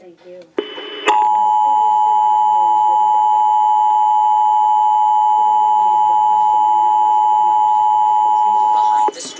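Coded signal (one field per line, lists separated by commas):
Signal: Emergency Alert System (SAME) tones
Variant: 853 and 960 Hz attention tone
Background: speech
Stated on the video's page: Pennsylvania statewide required monthly test relayed by FM, AM and TV broadcast stations and an EASyCAST relay.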